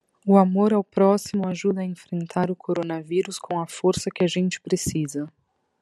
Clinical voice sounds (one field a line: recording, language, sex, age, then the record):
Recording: spoken sentence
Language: Brazilian Portuguese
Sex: female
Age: 30 to 39 years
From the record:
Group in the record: control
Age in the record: 36 years